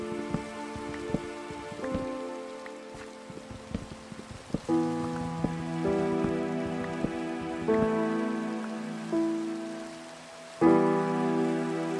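Rain patters with scattered sharp drips and taps through the first few seconds. From about the five-second mark, sustained chord-like tones swell in and shift to new chords near eight and again near eleven seconds, each entry louder than the last.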